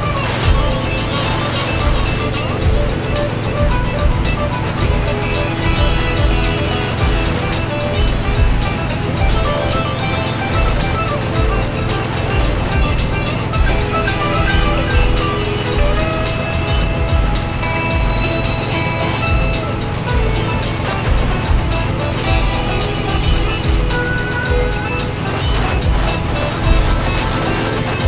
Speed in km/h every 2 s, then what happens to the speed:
87, 87, 87, 85, 90, 85, 87, 87, 92, 89, 89, 89, 89, 90.
0-28 steady at about 87.